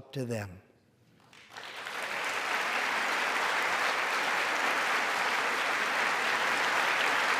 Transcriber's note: applause